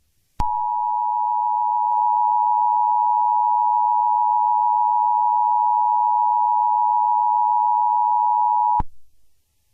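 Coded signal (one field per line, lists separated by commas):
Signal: Emergency Alert System (SAME) tones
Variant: 853 and 960 Hz attention tone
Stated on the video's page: Valid EAS tones in a fictional scenario.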